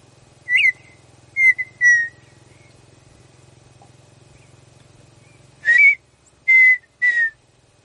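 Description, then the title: Partridge song: two phrases of three clear whistles, the first rising then dropping and the next two sliding down, with a low steady hum under the first phrase that stops as the second begins. "Canto de Perdiz"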